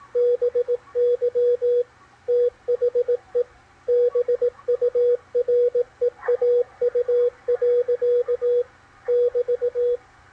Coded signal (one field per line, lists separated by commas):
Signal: Morse code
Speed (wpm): 17 wpm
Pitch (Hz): 490 Hz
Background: radio noise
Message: BY THE BUREAU. <BT>